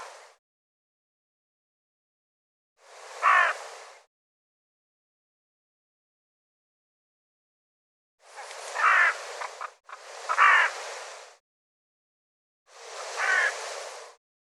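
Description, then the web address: Bird giving rough, raspy single calls spaced several seconds apart, two of them in a quick pair, with dead silence between them. "cianscape birddata Deverinetal 2025 File cleaned normalized Bird"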